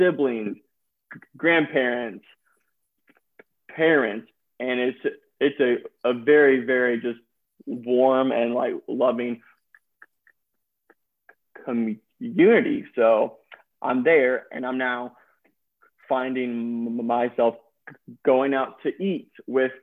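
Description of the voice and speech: Adult man who stutters, a speech-language pathologist who had speech therapy growing up, speaking with long pauses, a broken word, and stretched sounds: mild stuttering.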